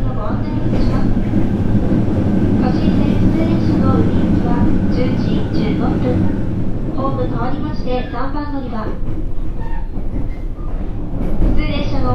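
A JR Kyushu 817 series train runs with a steady, dense low rumble that holds at an even level for the whole twelve seconds. Voices talk on and off over it, clearest around the eighth and ninth seconds.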